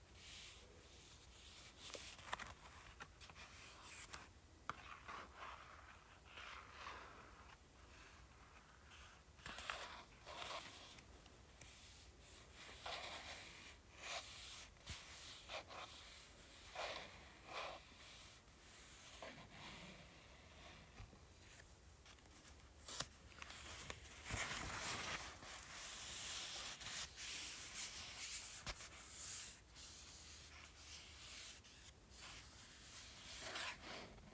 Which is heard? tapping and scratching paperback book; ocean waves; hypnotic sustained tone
tapping and scratching paperback book